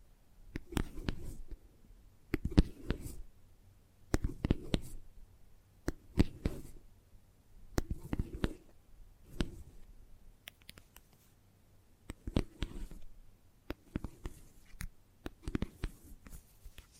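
Gentle tapping comes in short clustered bursts roughly every second or two, each a quick patter of soft knocks with brief quiet gaps between.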